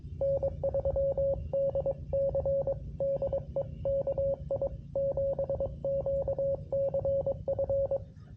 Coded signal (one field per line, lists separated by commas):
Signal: Morse code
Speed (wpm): 23 wpm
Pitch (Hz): 550 Hz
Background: radio noise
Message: N3DC DE KI7QCF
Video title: QRP Labs QMX CW POTA On 10 Meters